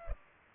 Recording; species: mosquito wingbeat signal from an infrared sensor; Culex pipiens